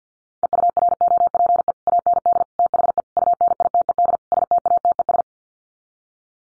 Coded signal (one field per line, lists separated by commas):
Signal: Morse code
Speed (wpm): 50 wpm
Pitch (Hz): 700 Hz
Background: none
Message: EUROPE AND THE UNITED STATES